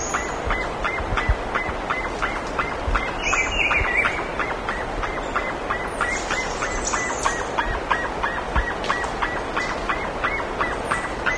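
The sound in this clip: Bird calls in a fast, even series of short notes, about three per second, over steady noise.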